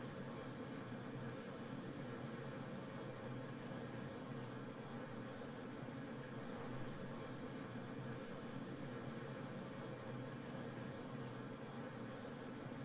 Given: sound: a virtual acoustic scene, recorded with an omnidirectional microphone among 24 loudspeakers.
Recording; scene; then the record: noise of the scene; olnoise from 90 degrees (S0N90)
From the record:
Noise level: 65 dB SPL